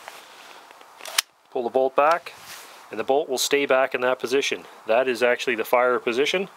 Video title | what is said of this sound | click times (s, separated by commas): Gevarm E1 Semi-Auto .22 Rifle | insert it in the mag well till it locks in place | 1.2 s